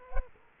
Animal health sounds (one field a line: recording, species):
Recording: mosquito wingbeat signal from an infrared sensor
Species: Culex quinquefasciatus